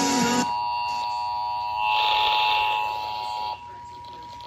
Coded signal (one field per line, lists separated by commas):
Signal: Emergency Alert System (SAME) tones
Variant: 853 and 960 Hz attention tone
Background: speech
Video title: ALREADY OCTOBER???? EAS 1646-1651